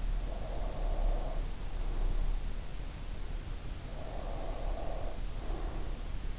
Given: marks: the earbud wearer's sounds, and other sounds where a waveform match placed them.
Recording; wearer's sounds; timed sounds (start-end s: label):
sounds in sleep by an in-ear microphone; breath
0.19-2.57 s: breath
3.80-5.96 s: breath